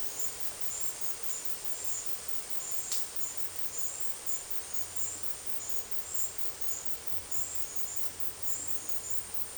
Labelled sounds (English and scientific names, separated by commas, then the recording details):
none
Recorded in dense forest near Puerto Asís, Putumayo, Colombia, on 22 December 2024 at 12:00
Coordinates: 0.482, -76.320
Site G021